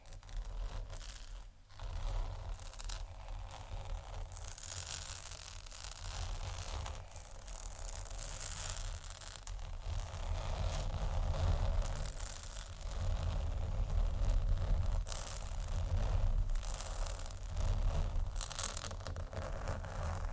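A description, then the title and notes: Scratching and tapping on textured surfaces, bursts of bright rasping strokes every second or two over a low steady rumble. ASMR Scratch & Tap On Tingly Textures（No Talking）.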